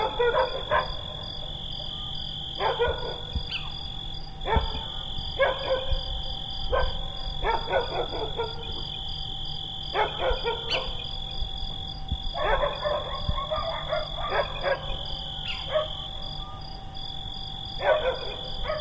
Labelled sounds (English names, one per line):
Little Owl call